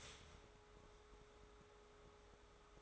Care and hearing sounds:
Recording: daily activity, microphone in the room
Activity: start toaster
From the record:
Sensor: 3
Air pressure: 1014.6 hPa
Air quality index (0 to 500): 202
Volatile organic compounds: 27 ppm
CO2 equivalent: 2893 ppm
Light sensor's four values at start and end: 4/10/3/4 and 4/10/3/4

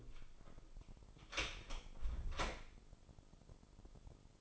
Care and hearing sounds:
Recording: daily activity, microphone in the room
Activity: close door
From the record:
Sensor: 5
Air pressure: 996.3 hPa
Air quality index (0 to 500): 52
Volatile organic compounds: 1 ppm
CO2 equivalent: 852 ppm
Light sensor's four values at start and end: 42/98/41/43 and 42/99/41/43

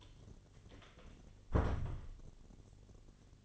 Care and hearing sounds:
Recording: daily activity, microphone in the room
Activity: close door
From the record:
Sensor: 4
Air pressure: 1007.9 hPa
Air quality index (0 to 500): 188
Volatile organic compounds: 6 ppm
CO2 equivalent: 1876 ppm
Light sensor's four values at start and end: 23/73/28/27 and 23/74/28/27

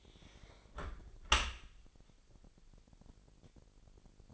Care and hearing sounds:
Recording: daily activity, microphone in the room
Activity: close dishwasher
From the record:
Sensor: 5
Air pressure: 1000.8 hPa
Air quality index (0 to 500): 248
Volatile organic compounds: 35 ppm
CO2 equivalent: 3051 ppm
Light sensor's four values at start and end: 31/72/29/27 and 31/71/28/26

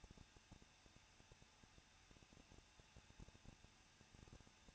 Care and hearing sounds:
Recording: daily activity, microphone in the room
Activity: no activity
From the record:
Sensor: 2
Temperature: 21.0 degrees Celsius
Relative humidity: 37.4%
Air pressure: 1006.2 hPa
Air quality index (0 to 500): 222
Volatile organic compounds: 24 ppm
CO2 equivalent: 2813 ppm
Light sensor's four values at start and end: 2/3/2/2 and 2/3/2/2

